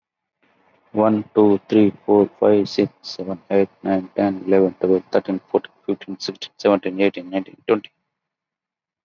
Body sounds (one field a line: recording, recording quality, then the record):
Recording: counting at a fast pace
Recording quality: excellent, no background noise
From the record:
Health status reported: COVID-19 positive, mild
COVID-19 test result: positive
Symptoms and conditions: none ticked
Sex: male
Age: 39 years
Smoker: not ticked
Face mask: not worn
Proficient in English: yes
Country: India